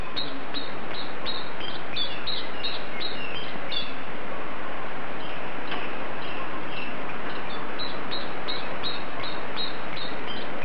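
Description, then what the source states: Common chiffchaff singing runs of brief, evenly spaced high notes that alternate in pitch, partly buried beneath heavy constant rumbling background noise. Individual described as a 'basista' (bass singer).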